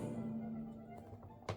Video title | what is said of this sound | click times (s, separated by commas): Cobra Modular Fortress w/ Trench Viper a Blind Box Opening! G.I. Joe Classified MtMtE 348 | Are you going to You're going to snap in place there. There we go. | 1.5 s